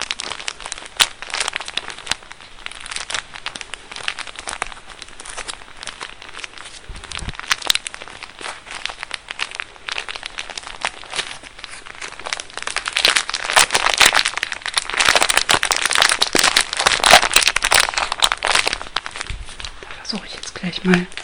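Paper napkins are crinkled and folded into roses, a dense, continuous rustling with quick crackling bursts throughout. The crumpling grows busier and louder from about 12 to 18 seconds. Brief low thumps appear near 7 seconds and again around 20 seconds.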